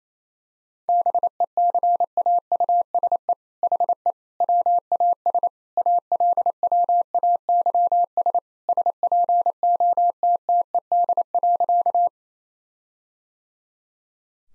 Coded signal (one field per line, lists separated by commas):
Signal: Morse code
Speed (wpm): 27 wpm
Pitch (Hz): 700 Hz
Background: none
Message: BECAUSE HE WAS ALWAYS SPOTTED.